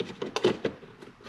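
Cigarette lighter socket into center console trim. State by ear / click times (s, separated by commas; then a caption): not seated / none. A cigarette lighter socket is handled and pressed toward the plastic center console trim of a Porsche 981 Cayman or 991 Carrera during reassembly after a manual short shifter install. Brief handling taps and scrapes are heard, with the sharpest at 0.4 s. The socket has not seated or clicked into the console yet.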